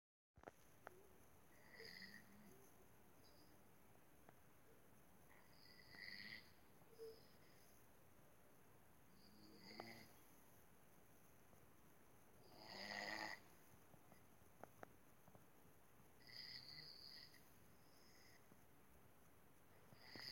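An adult snoring during sleep, with soft, irregular snoring breaths.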